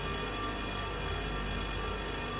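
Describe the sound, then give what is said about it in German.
A refrigerator hums steadily and quietly, a constant low drone with thin, high whining tones that never change over the couple of seconds, and no voices. “Das Sirren des Kühlschranks.”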